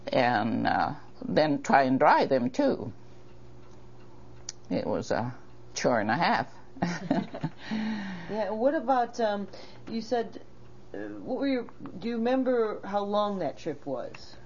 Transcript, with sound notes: And then try and dry them too. It was a chore and a half.
(laughs) What about um - you said - what were your - do you remember how long that trip was?